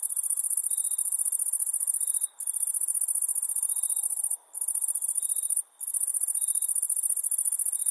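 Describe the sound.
Cicada chorus, a continuous high shrill buzz broken by three brief pauses, with faint tonal notes underneath.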